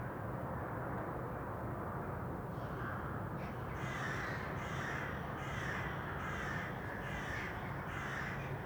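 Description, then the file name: Crow cawing: a run of short, harsh, evenly spaced caws starting after a few seconds, over steady low background noise. Crows recorded in an urban setting. "Detunized - Urban Crows"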